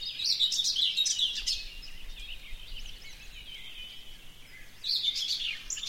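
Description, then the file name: Whinchat singing a rapid crackling phrase of whistles and dry notes, a pause, then another similar scratchy phrase, steady low hiss behind. "pruunselg"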